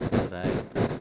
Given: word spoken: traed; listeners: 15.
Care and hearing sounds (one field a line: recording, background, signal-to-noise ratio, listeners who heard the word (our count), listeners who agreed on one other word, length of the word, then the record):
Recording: one Spanish word in noise, from a listening test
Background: noise modulated by one talker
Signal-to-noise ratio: -8.5 dB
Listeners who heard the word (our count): 1 of 15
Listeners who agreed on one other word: 6 of 15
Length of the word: 0.61 s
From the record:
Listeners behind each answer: 6, 2, 2, 2, 1, 1, 1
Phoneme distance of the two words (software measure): 10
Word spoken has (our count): 2 syllables, 5 phonemes, stress on syllable 2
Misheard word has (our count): 2 syllables, 5 phonemes, stress on syllable 2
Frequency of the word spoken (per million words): 0.12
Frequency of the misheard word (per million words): 17.90